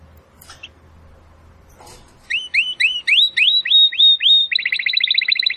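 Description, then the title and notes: Domestic canary: after a couple of soft clicks, it sings repeated upswept whistles, several per second, then breaks into a rapid rolling trill. Belgian canary (Canário Belga), titled 'Campainha' (bell), singing. "Canário Belga Campainha Canary Singing. Canario Belga Cantando"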